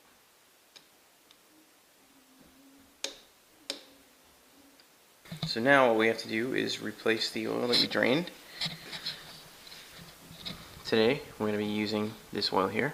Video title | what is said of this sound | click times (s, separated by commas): Oil Change On A KLR 650. Easy Enough For A 2-Year-Old | The torque setting on the torque wrench is set to 17 pounds, which is the spec. I'll listen for that click. | 3.0 s, 3.7 s